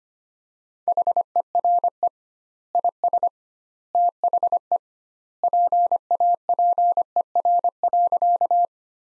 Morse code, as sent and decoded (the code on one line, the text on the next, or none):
.... . .-. . / .. ... / - .... . / .--. .- .--. . .-. .-.-.-
HERE IS THE PAPER.